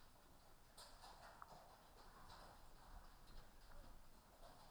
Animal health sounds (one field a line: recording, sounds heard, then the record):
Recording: poultry house recording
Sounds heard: healthy chickens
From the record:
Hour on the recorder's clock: 14